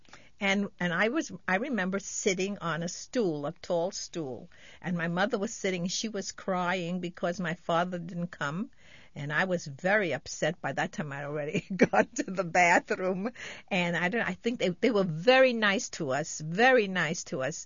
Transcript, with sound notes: And I was, I remember sitting on a stool, a tall stool, and my mother was sitting, she was crying because my father didn't come, and I was very upset. By that time I had already gone to the bathroom. ( she laughs ) And I think, they were very nice to us, very nice to us.